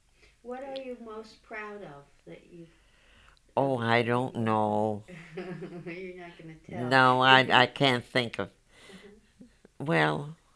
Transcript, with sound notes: What are you most proud of that you...
Oh, I don't know.
( she laughs ) You're not going to tell.
No, I can't think of. Well,